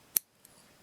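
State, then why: Seated. A folding knife blade is swung open until it locks into the handle lock, giving a single sharp metallic snap at 0.2 s, followed by a much fainter tick at 0.5 s. The lock engages solidly and the blade is held securely in place.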